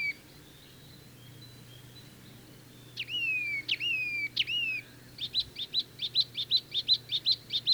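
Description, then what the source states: Icterine Warbler song: a few sharp falling whistled notes after a quiet start, then a rapid string of repeated high chips. Migrant arriving in Finland in late May; found in lush parks of southern and central Finland; own motifs plus borrowings from other birds, including harsh Fieldfare-like sounds; a daytime singer.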